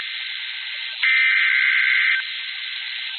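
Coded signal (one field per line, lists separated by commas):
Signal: Emergency Alert System (SAME) tones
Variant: header bursts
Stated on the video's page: Severe thunderstorm warning alert from a stream.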